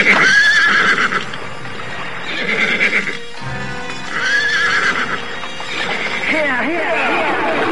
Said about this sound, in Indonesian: Segera saja para prajurit itu memacu kuda mereka.